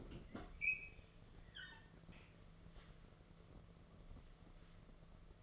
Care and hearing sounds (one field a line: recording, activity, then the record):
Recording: daily activity, microphone in the room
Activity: open fridge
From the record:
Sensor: 4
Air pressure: 1015.9 hPa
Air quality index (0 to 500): 193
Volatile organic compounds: 10 ppm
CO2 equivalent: 2230 ppm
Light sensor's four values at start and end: 13/29/12/12 and 9/19/8/8